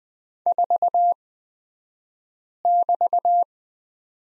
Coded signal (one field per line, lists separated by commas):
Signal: Morse code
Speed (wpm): 20 wpm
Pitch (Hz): 700 Hz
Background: none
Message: 4<BT>